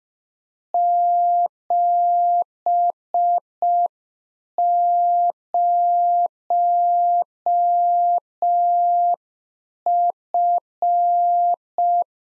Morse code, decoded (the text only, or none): 70F